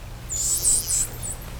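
Whale calls: a quick series of very high, arching whistles that rise and fall, over a steady low hum.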